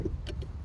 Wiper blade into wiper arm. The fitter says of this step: and make sure it clicks into position.